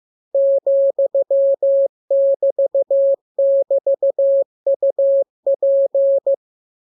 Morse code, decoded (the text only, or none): ,<BT><BT>UP